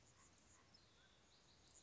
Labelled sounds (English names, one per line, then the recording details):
Anna's Hummingbird
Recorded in Sonoma County, California